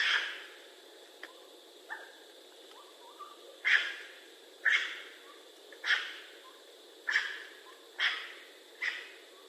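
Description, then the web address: Raccoon giving raspy, hissing bursts repeated roughly once a second in a steady run, following a few softer clicks and quiet chirping early on. Recorded 22 September 2011. "Raccoon 2011 09 22 Raccoon"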